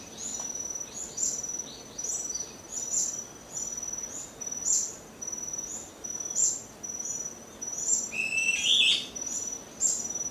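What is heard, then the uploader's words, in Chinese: Dawn chorus of birds, with high, thin calls repeating roughly every second or so in a steady, rhythmic pattern. Around eight to nine seconds a brighter, busier burst of chirps stands out. A soft, constant hiss and faint low hum run underneath throughout. 报晨棕耳鸟。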